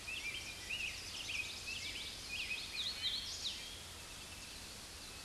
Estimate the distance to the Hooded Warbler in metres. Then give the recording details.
about 45 m. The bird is about 5 m above the microphone. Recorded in a Pennsylvania forest on 16 May 2024 at 07:07. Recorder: AudioMoth, point MSD-0690. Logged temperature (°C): 16.0 °C. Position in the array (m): 156 m, 120 m